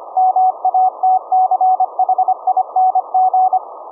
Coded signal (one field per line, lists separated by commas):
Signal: Morse code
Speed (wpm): 25 wpm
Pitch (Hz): 750 Hz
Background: none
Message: MATCHING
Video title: Raspberry Pi - Remote VLF CW QRP 1 Watt Transmitter(17.650 Khz) - Compact Delta Loop Antenna